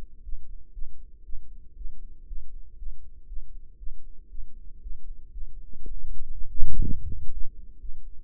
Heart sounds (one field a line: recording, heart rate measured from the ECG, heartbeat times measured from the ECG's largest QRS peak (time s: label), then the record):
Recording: heart sounds by microphone in the right ear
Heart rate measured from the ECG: 119 bpm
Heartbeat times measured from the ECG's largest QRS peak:
0.23 s: heartbeat
0.73 s: heartbeat
1.24 s: heartbeat
1.76 s: heartbeat
2.27 s: heartbeat
2.77 s: heartbeat
3.27 s: heartbeat
3.78 s: heartbeat
4.29 s: heartbeat
4.81 s: heartbeat
5.32 s: heartbeat
5.82 s: heartbeat
6.32 s: heartbeat
6.82 s: heartbeat
7.32 s: heartbeat
7.80 s: heartbeat
From the record:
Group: healthy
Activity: rest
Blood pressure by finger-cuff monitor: 144/77 mmHg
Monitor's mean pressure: 93 mmHg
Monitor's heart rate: 120 bpm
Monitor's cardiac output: 9.4 L/min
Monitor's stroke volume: 79 mL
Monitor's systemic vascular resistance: 720 dyn s/cm5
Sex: female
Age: 19 years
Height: 163 cm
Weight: 51 kg